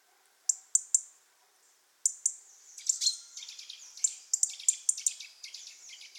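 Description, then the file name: European robin calls: a few clipped high ticks, a short pause, then a denser run of thin high notes and ticks. "Erithacus rubecula"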